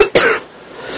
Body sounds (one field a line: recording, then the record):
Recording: coughing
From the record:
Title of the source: 34 coughing up crap again